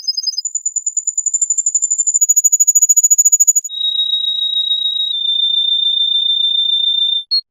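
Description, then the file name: Canary song: a fast, high trill of repeated notes, then a lower, steady, buzzy roll lasting several seconds, ending with a short high note. "kenari"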